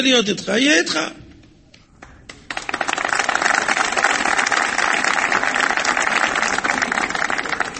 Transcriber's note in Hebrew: מחיאות כפיים